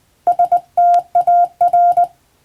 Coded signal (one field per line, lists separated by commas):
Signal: Morse code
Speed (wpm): 20 wpm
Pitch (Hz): 700 Hz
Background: none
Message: STAR